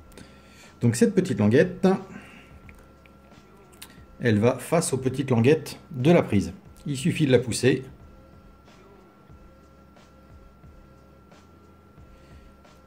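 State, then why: Not seated. Someone talks while pushing a small plastic cable plug onto the LED header socket of an Amiga 1200 LED PCB, its tab lined up with the socket's tabs. Between the bursts of speech only a few faint, quiet ticks are heard, and no click comes. The connector has not clicked or seated yet.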